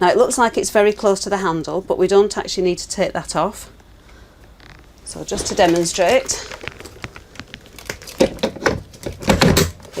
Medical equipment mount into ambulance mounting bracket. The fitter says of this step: locks in place there and you can let it off it's